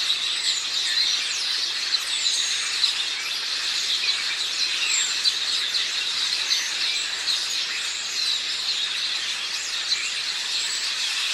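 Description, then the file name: House sparrows chirping in a busy flock chorus, high chirps tumbling over one another without pause over a constant hiss. "Passer domesticus"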